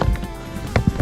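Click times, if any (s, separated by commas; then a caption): none. A plastic engine-bay part on a Renault Mégane IV 1.3 TCe (H5H B4) is handled and pressed toward its mounting clip instead of refitting its screw. Sharp knocks are heard at 0.0 s and 0.8 s over low background music. Nothing has seated or clicked yet.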